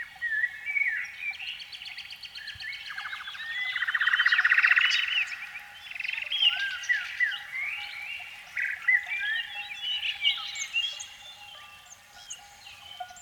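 Canary song with rolling trills, a loud rapid buzzing roll in the middle, then sweeping whistled notes and twittering.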